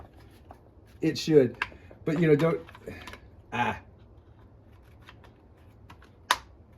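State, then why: Seated. A plastic air filter is pressed onto its grooved base on an MS201tc chainsaw while someone talks, with a few faint ticks from fumbled tries. A loud, sharp snap at 6.3 s marks the filter seating firmly into place.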